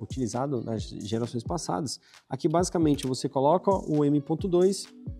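An M.2 SSD is being placed into the tool-less retention latch on an ASUS ROG Maximus Z890 Hero motherboard, a screwless latch that also holds M.2 drives shorter than 80 mm. Someone talks over background music throughout. The clip ends before the latch is slid sideways to lock, so nothing has seated or clicked yet.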